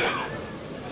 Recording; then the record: coughing mixed with background sound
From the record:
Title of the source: Spring Cold Coughing 2